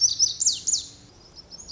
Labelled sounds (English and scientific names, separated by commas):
Lazuli Bunting (Passerina amoena)